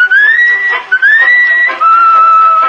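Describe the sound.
A man whistles a tune in clear, sustained, gliding notes, with three long phrases separated by brief breaks, each rising gently and holding steady. No one speaks.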